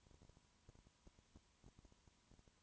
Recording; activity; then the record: daily activity, microphone in the room; no activity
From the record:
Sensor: 3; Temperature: 20.5 degrees Celsius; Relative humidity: 34.6%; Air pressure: 1001.0 hPa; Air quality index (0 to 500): 195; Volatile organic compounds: 6 ppm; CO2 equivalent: 1859 ppm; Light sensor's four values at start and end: 2/3/2/2 and 2/3/2/2